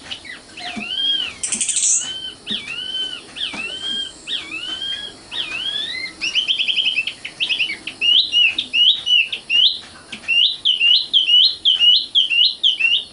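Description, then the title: Oriental magpie-robin song: slow arched whistled notes every second or so, one harsh buzzy squeal, then a faster run of chirpy repeated phrases. Kacer song. "Kicau Kacer"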